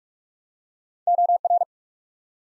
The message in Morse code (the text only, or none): OR